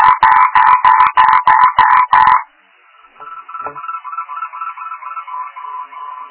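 Frog giving a run of harsh, evenly spaced croaks over about two seconds, followed by softer repeated notes.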